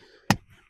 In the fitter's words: That clicked right in.